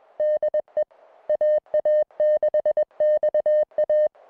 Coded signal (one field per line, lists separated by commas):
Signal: Morse code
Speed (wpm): 21 wpm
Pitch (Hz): 610 Hz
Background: music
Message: DE AA6XA